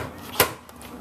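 A plastic planting basket is pushed into a pocket of a plastic vertical tower garden and snaps in with one sharp click at 0.4 s, followed by a couple of faint small ticks. The basket is seated and locked in securely.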